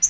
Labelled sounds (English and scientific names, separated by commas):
Yellow-rumped Warbler (Setophaga coronata) flight call